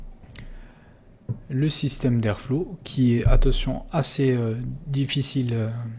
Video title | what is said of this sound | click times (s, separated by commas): revue et montage du ZEUS de GEEKVAPE | sur le top cap, ce n'est pas un filetage, mais en fait, ça va se clipser grosso modo. Et ça tient très très bien. | 0.3 s, 0.4 s